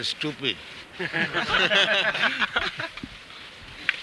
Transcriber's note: laughter